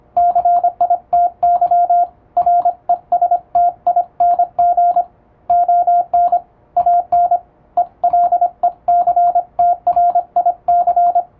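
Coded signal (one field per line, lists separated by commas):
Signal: Morse code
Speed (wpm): 25 wpm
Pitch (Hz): 700 Hz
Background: radio noise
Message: CITY RESTING ON AN ELECTRIC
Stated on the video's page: English Morse sent at high speed with an electronic keyer by a first-class radiotelegraph operator for practice, using typing-test texts.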